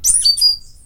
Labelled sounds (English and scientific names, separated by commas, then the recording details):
Stitchbird (Notiomystis cincta) song
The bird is a male
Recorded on Tiritiri Matangi Island, New Zealand, in 2005
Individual 22, of nest box 31